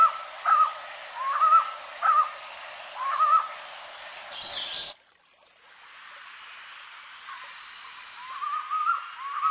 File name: Canto do rapazinho de colar